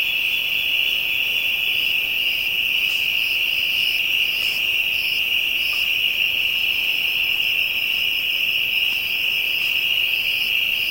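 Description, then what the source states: Insect chorus: a constant piercing drone holds steady while softer, higher pulsed trills come and go on top. African insects, ambient soundscape.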